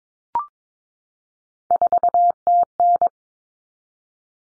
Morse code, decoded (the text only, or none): 4TN